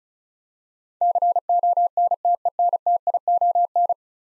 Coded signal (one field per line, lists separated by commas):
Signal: Morse code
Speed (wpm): 36 wpm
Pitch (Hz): 700 Hz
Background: none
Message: CONTENTION